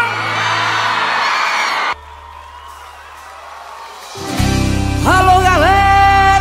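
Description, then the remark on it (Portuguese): A large concert crowd in Goiânia, Brazil roars with shouts and cheers, drops briefly to a quieter murmur, then surges back louder with high, rising whoops and yells cutting through the din. “Quem gostou, só do grito.”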